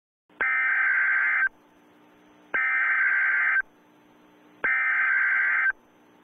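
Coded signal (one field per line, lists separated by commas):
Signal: Emergency Alert System (SAME) tones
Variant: header bursts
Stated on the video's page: Fictional EAS scenario remake based on SCP Foundation content.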